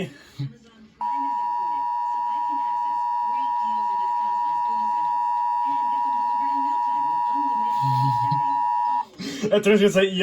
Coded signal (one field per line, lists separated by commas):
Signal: Emergency Alert System (SAME) tones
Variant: 853 and 960 Hz attention tone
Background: speech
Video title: EAS 703-704 - WBAL SVR